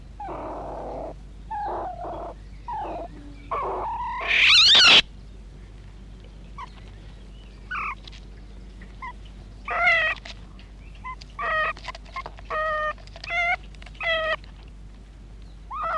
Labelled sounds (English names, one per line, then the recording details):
Beech Marten call
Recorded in captivity
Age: juvenile
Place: Klein-Neundorf, Lausitz, Sachsen, DE
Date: 1962-05-21
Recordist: Meyer, Hugo